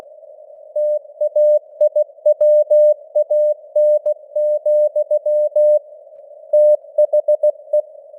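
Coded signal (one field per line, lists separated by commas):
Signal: Morse code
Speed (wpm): 16 wpm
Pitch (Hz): 600 Hz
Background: none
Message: TAIWAN, THE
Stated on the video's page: Computer-generated Morse news headlines at 16 wpm, with simulated radio noise and varying signal strength (QSB).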